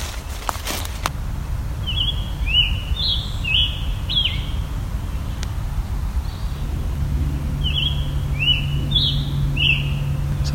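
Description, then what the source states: Scarlet Tanager song: burry, slurred phrases given in two separate runs over low background noise, with a few clicks. Lives in the canopy; song likened to a robin with a sore throat.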